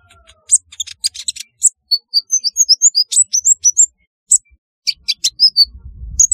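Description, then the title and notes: Sunbird twittering: shrill clipped notes, a run of short upward-sliding chirps in the middle, and a low rumble entering near the end. "Kicau Burung Kolibri"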